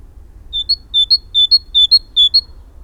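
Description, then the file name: Great tit song: five quick two-note phrases, a lower note then a higher one, repeated rhythmically like a see-saw, with faint low rumble underneath. "Parus major"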